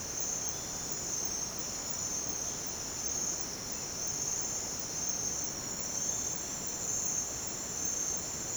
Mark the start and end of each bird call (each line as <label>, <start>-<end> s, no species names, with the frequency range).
bird call (2.8-4.7 kHz), 0.40-0.97 s
bird call (2.4-4.0 kHz), 5.94-6.52 s